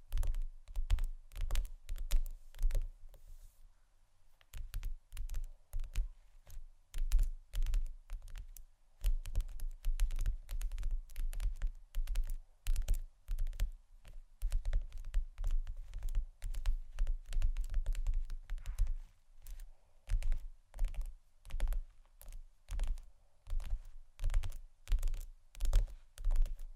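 Quick, irregular taps on a table surface, clustered in bursts with a heavy low thud, pausing briefly near four seconds before resuming steadily.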